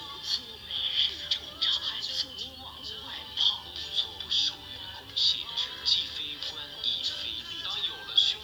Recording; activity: daily activity, guitar pickup as the sensor; browse video